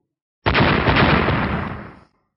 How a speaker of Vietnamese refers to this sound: Hai tiếng nổ vang lên, vô số đạo ngân hồ đang vào nhau, nháy mắt đã bao phủ phạm vi hơn 20 trượng.